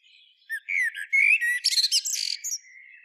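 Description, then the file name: Common blackbird song phrase: a few clear mid-pitched fluted notes followed by a shrill, rapid twittering flourish, ending in a faint thin note. "Turdus merula"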